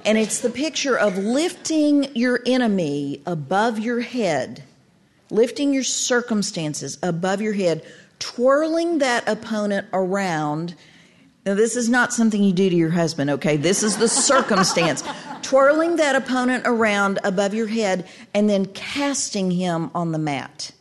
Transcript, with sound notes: And it's the picture of lifting your enemy above your head, lifting your circumstances above your head, twirling that opponent around.... Now this is not something you do to your husband, okay. [laughter] This is the circumstance. Twirling that opponent around above your head, and then casting him on the mat.